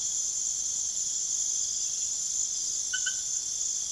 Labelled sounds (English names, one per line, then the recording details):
none
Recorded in secondary vegetation near Puerto Asís, Putumayo, Colombia, on 23 June 2025 at 23:00
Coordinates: 0.489, -76.322
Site G021